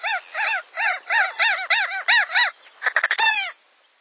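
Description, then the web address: Ross's gull calls, a series of nasal, arched yelps for two and a half seconds, then a brief burst of harsher, clipped notes before silence. "Songs of Birds of North America Stokes. Rosss Gull"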